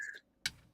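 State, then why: Seated. A vape component is dropped into a Steam Crave vape device and lined up with its mated slots. A faint high-pitched tone fades out, then a sharp click sounds at 0.5 seconds as the part seats, sitting flush in its slots.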